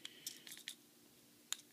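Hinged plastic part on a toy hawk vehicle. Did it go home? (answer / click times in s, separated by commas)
no / none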